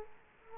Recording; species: mosquito wingbeat signal from an infrared sensor; Culex quinquefasciatus